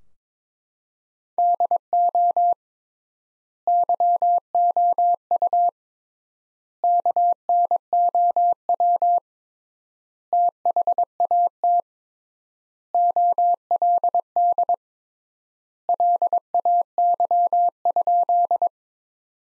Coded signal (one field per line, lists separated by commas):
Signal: Morse code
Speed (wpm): 22 wpm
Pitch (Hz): 700 Hz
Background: none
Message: DO YOU KNOW THAT OLD LAY?